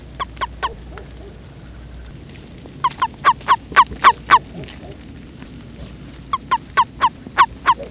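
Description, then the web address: Frog calling in quick bursts of short, sharp, slightly falling notes, three to seven per burst, with pauses between bursts over a low background hum. "Frogs World call voice"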